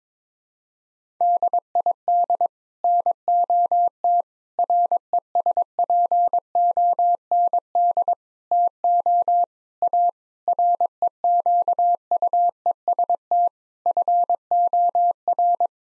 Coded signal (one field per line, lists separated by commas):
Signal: Morse code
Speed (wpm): 22 wpm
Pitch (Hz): 700 Hz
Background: none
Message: DID NOT RESPOND TO A REQUEST FOR